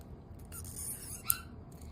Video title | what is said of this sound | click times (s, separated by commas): How to Apply Transdermal Medication to your Cat | That's one click. | 1.3 s